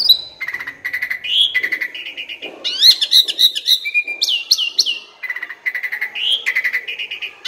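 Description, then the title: Asian pied starling singing a rich medley of rattles, steady whistled notes and falling squeaky slurs, in rapid unbroken phrases. Training song (masteran) meant to make birds that sing too little and seem listless sing more. "Masteran Jalak Suren Atasi Burung KURANG GACOR Dan LOYO"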